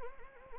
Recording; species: mosquito wingbeat signal from an infrared sensor; Anopheles arabiensis